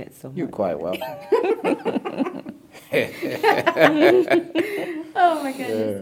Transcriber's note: laughter